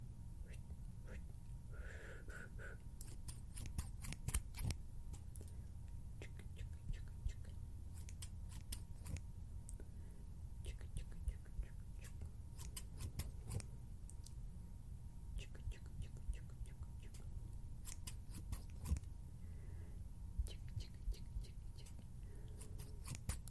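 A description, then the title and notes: Scissors snip and click in quick bursts, sharp bright clicks clustered in flurries through the whole stretch, with brief pauses between runs. A low steady rumble and a faint constant tone sit underneath, and a short murmur of voice surfaces near the two-second mark. HAND SOUNDS, FINGER FLUTTERING, SCISSORS SOUNDS.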